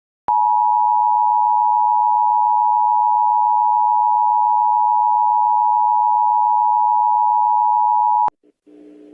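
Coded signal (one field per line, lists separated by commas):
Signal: Emergency Alert System (SAME) tones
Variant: 853 and 960 Hz attention tone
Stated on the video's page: Recreated, not real, EAS tones for a mock El Reno tornado alert.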